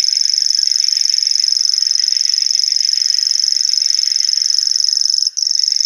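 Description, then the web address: Common grasshopper warbler reeling song: a high, dry, insect-like trill held for the whole six seconds with only a split-second break near the end. "Schulze Peter Grasshopper Warbler song"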